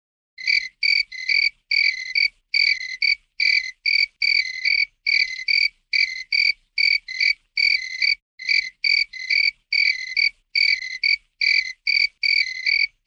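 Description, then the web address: Cricket call, a steady run of bright trilled chirps, mostly in pairs, repeated throughout with short gaps and no other sounds. "Matthew Kramer. Cricket"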